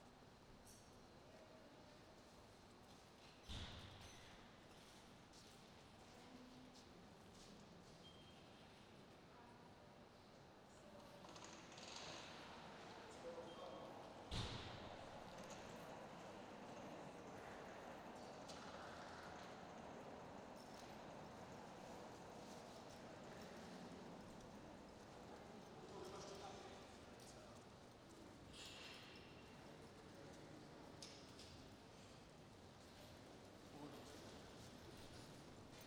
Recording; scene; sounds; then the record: everyday scene through a hearing-aid microphone; reverberant space; background noise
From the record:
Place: railway station hall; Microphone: in the ear canal, right